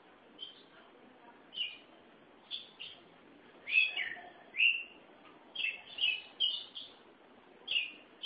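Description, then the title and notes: Oriental magpie-robin song: scattered whistled phrases, then denser bursts of warbling notes. "Suara Kicauan Burung Kacer Durasi Panjang. Suara kicauan burung kacer format mp3 durasi panjang"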